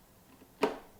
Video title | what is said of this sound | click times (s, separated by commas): How to use Nama Juicer Unboxing & Honest Review - Nama Vitality 5800 Juicer- Juice With Me! | it actually locks in place | 0.6 s